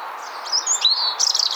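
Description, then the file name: European robin song: short high whistled notes and a downward slide ending in a fast twittering flourish. "Erithacus rubecula"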